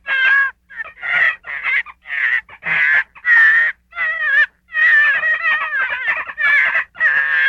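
Gray fox giving a series of warbling whine-yelps, mostly separated by short silences, pitch trembling throughout.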